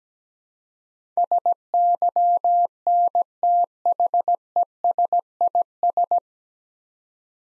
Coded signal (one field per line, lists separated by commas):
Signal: Morse code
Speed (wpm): 17 wpm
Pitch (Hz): 700 Hz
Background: none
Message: SYNTHESIS